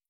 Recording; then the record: hydrophone in a shrimp aquaculture tank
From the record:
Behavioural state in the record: stressed